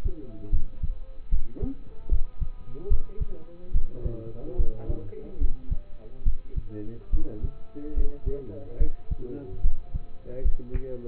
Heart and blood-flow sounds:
heart sounds by stethoscope; between the tricuspid and mitral areas; 73 bpm
0.50 s: heartbeat
1.30 s: heartbeat
2.09 s: heartbeat
2.88 s: heartbeat
3.72 s: heartbeat
4.56 s: heartbeat
5.38 s: heartbeat
6.24 s: heartbeat
7.10 s: heartbeat
7.94 s: heartbeat
8.78 s: heartbeat
9.62 s: heartbeat
10.42 s: heartbeat
From the record:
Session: rest, lying down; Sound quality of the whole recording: partially saturated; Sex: male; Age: 27 years

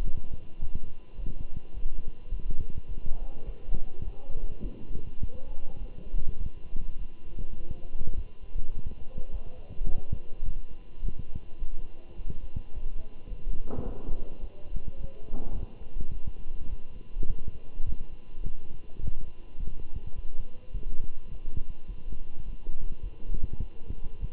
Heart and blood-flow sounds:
heart sounds by stethoscope; between the tricuspid and mitral areas; 104 bpm
0.05 s: heartbeat
0.61 s: heartbeat
1.17 s: heartbeat
1.73 s: heartbeat
2.30 s: heartbeat
2.88 s: heartbeat
3.45 s: heartbeat
4.04 s: heartbeat
4.62 s: heartbeat
5.20 s: heartbeat
5.80 s: heartbeat
6.39 s: heartbeat
6.98 s: heartbeat
7.57 s: heartbeat
8.16 s: heartbeat
8.74 s: heartbeat
9.32 s: heartbeat
9.88 s: heartbeat
10.45 s: heartbeat
11.02 s: heartbeat
11.59 s: heartbeat
12.16 s: heartbeat
12.74 s: heartbeat
13.30 s: heartbeat
13.85 s: heartbeat
14.40 s: heartbeat
14.97 s: heartbeat
15.54 s: heartbeat
16.12 s: heartbeat
16.69 s: heartbeat
17.28 s: heartbeat
17.85 s: heartbeat
18.44 s: heartbeat
19.02 s: heartbeat
19.58 s: heartbeat
20.15 s: heartbeat
20.73 s: heartbeat
21.30 s: heartbeat
21.87 s: heartbeat
22.45 s: heartbeat
23.02 s: heartbeat
23.60 s: heartbeat
24.20 s: heartbeat
From the record:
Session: walking at 3.7 km/h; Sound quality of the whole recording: good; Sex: male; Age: 24 years

